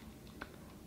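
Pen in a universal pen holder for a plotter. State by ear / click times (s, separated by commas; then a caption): seated / 0.4 s. A pen rests in a universal pen holder for a Brother cutting plotter, its tip touching the paper, while the holder's collar is turned. A single short, sharp click sounds at 0.4 s against quiet background noise as the collar engages and will turn no further. The holder locks in place, with the pen seated.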